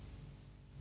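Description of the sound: A soft, deep rumble lasts under a second with a faint uneven gurgling texture and no speech over it. It is an adult's stomach rumbling (borborygmi) from being very hungry, gas and fluid moving through the gut, a normal finding.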